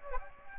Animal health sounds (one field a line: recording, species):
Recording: mosquito wingbeat signal from an infrared sensor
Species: Aedes aegypti